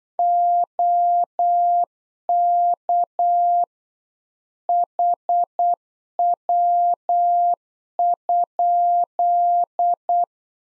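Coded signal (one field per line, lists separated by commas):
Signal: Morse code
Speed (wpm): 8 wpm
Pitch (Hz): 700 Hz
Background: none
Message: OK HW?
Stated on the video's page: Practice QSO lesson at 8 wpm, information segment (ham experience, age, occupation) sent in Morse for head-copy.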